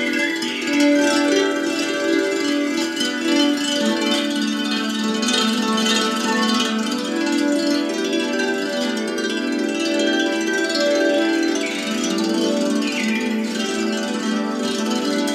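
Singing bowls, chimes and bells ring in a thick, steady wash of sustained tones at an even level, with a brief gliding melody near thirteen seconds.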